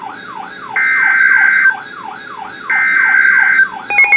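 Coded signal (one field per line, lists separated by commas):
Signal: Emergency Alert System (SAME) tones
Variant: header bursts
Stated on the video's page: Severe thunderstorm warning for Collin County, Texas, received from NOAA Weather Radio.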